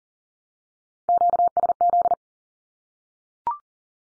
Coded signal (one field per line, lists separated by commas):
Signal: Morse code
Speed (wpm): 41 wpm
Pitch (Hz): 700 Hz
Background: none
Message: QSZ